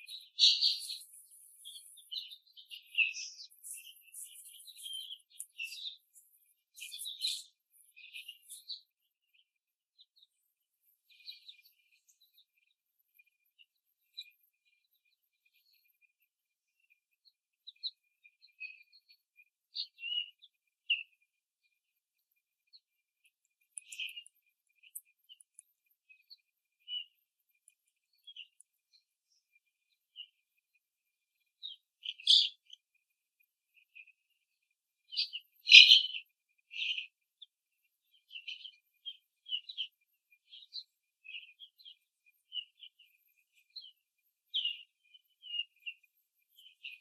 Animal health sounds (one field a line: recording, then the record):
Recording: young laying hens in a cage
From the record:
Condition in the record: after the stressor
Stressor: simulated dog barking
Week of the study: 3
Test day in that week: 1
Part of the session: 4